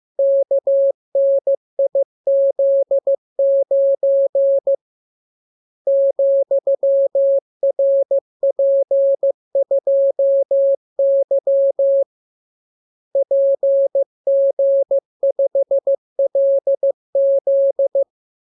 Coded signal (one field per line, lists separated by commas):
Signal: Morse code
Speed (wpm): 15 wpm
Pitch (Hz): 550 Hz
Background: none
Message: KNIZ9 ,RP2Y PG5LZ